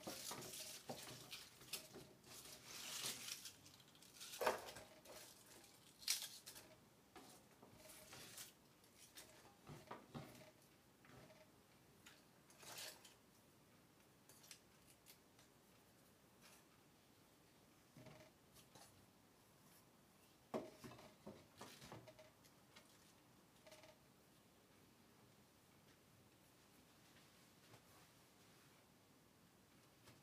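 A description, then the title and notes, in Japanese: Eggplant stewed in tomato: scattered clinks and scrapes of pots and utensils come in bursts, busiest early and again near twenty seconds, with quiet gaps between. 環境音 ナスのトマト煮込み。ベーコンの代わりにちくわをいれてみました。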